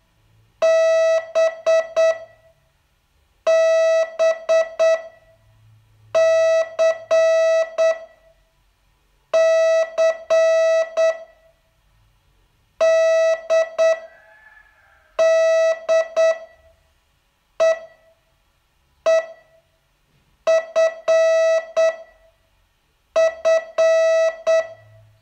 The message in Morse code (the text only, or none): B B C C D D E E F F